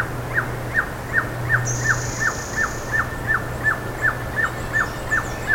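Bird calls: clear downslurred notes repeated evenly, about every third of a second, with a steady high buzz early on and a low hum throughout.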